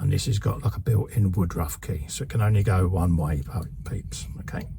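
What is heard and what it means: A keyed plastic engine part for a 1:8 scale 1966 Batmobile model from Fanhome (Issue 7) is handled at its keyed mount, with a built-in key so it can only go on one way. Someone talks throughout the clip. Nothing has seated or locked into place yet.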